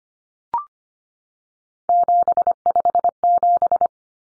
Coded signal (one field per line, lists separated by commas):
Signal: Morse code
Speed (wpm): 25 wpm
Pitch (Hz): 700 Hz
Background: none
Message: 757